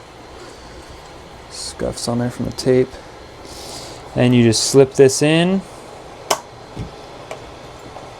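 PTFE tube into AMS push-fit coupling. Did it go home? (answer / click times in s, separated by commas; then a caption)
yes / 6.3 s. Someone talks while a PTFE tube is slipped into the push-fit coupling of an AMS unit, with a steady low background hum underneath. A sharp click at 6.3 s marks the tube seating in the coupling, followed by a fainter tick around 7.3 s. A tug confirms the tube is seated and holds without pulling out.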